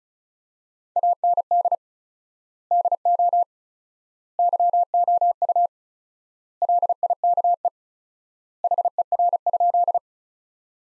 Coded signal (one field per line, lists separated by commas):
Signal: Morse code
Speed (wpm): 36 wpm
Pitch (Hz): 700 Hz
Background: none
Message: AND DO YOU LIKE HER?